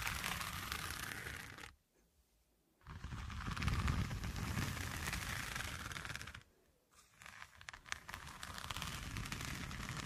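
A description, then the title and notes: Dense, rough scratching fills the clip in long continuous bursts with a crinkly, crunchy texture. It stops completely for about a second near 2 seconds and again around 6.5 seconds, then resumes, growing heavier and more rumbling in the low end around 4 seconds. Pure Scratching.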